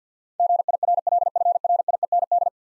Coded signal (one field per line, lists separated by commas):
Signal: Morse code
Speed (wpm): 52 wpm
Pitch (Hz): 700 Hz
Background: none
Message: GIRLFRIEND